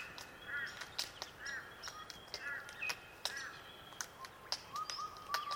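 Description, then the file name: Glossy black cockatoo giving a series of soft arched wheezy notes roughly once a second, over busy clicking and brief rising whistles. Melodic calls of more than one glossy black cockatoo. "melodic glossy black cuckatoos WOJ"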